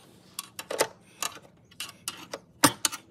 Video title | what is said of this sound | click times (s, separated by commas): 1964 66 Thunderbird dash familiarization and installation | Okay, there, it popped into place. | 2.6 s